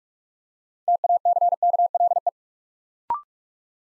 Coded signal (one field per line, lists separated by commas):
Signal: Morse code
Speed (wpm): 44 wpm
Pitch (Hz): 700 Hz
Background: none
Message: TACKLE